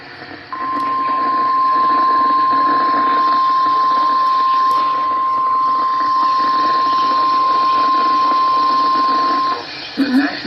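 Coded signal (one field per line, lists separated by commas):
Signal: Emergency Alert System (SAME) tones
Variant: 1050 Hz attention tone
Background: speech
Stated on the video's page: Received from NOAA weather radio stations on 162.525, 162.475, 162.425, 162.500 and 162.550 MHz in Illinois.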